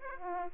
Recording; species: mosquito wingbeat signal from an infrared sensor; Aedes aegypti